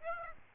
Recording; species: mosquito wingbeat signal from an infrared sensor; Aedes aegypti